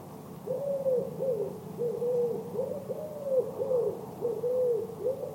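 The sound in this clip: Bird giving soft, low, rounded coos in a steady series over a hiss of background noise.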